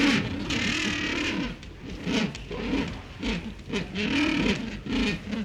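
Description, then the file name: Gallinule giving low, nasal, arched call notes in quick succession, partly masked by a steady hiss and intermittent patter. "Gallinules Chirping"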